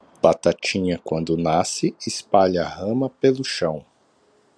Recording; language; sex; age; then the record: short text; Brazilian Portuguese; male; 30 to 39 years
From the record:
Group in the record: control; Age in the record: 35 years